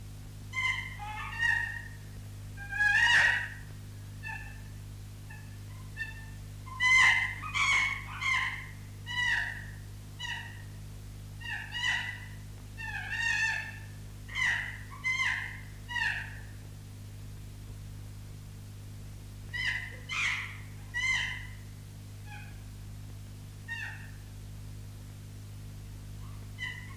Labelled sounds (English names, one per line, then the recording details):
Chimpanzee
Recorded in captivity
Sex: female
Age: adult
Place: Tierpark Berlin, Berlin, DE
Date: 1958-03-20
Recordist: unbekannt, keine Angabe